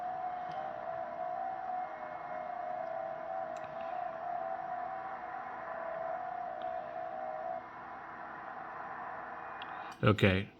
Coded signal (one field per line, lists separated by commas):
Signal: FT8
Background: speech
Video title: Working tx5s clipperton island on 5.357mhz ft8 60m . and how to make the call